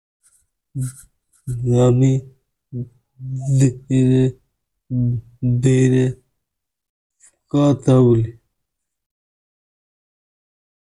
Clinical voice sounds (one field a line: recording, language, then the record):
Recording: elicited speech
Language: Bengali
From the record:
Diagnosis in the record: Broca's or global aphasia after a stroke